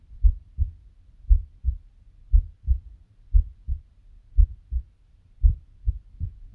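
Steady paired low thumps, lub-dub, at about 57 beats a minute: an adult heartbeat.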